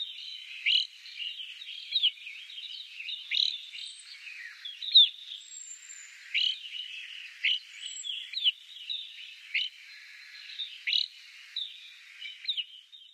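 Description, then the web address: Evening grosbeak calls: short, ringing, slightly buzzy chirps around the same pitch, repeated irregularly about every second, with a few faint high notes in between. "Schulze Peter Evening Grosbeak calls"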